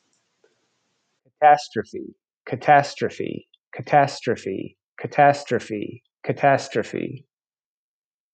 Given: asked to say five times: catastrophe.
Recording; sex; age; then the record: repeated word; male; 40 to 49 years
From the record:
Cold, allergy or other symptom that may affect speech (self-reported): no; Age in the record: 40 years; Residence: United States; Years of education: 16